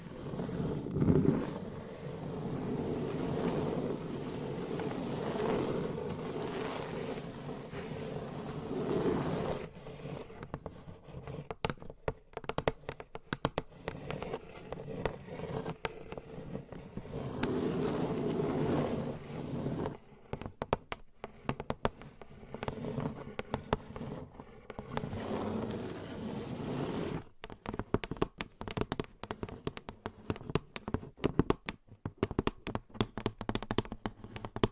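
Gentle tapping and scratching, starting as a steady, dense scratchy rustle for the first ten seconds or so. After that it breaks into quick, irregular taps with short gaps between them, growing sparser and crisper toward the end, over a low constant hum.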